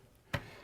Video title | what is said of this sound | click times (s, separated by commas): Intro_TS55-TS75.mov | and then rotate the outer sleeve a full quar or turn until you feel it lock into place | 0.3 s